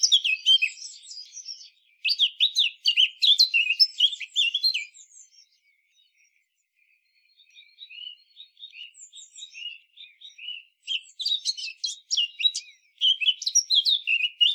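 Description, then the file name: Eurasian blackcap giving rich, chattering warbled phrases of mixed high notes in bursts, a softer scratchy passage in the middle, then lively warbling resuming. "Sylvia atricapilla"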